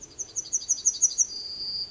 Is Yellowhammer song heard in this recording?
yes